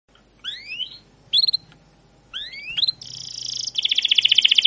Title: Suara Burung Kenari Gacor Panjang cuit cuit Ngerol untuk Pancingan Kenari